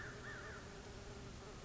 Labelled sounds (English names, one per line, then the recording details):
American Crow
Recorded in Sonoma County, California